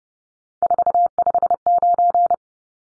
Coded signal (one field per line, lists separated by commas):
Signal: Morse code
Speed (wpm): 30 wpm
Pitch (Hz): 700 Hz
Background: none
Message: 459